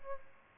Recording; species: mosquito wingbeat signal from an infrared sensor; Aedes albopictus